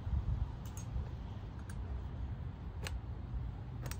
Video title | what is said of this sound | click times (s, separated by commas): 🔧 *How to Do a Complete Front Brake Job! - Cadillac XT5 Pads & Rotors Replacement - DIY🚗 | and new ones are just going to snap right in there | 2.9 s